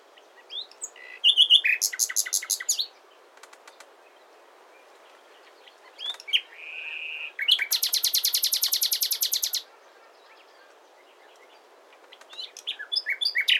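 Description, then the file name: Common nightingale song phrases: a loud rapid trill, pauses with soft clicks, a buzzy note, then a long fast rattle of repeated notes, with another phrase starting at the end. "Luscinia megarhynchos"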